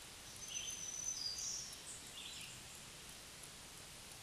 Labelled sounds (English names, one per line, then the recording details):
Black-throated Green Warbler song
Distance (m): 30 m
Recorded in a Pennsylvania forest on 1 June 2023 at 07:06
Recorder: AudioMoth, point grid3_27_high
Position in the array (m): 130 m, 91 m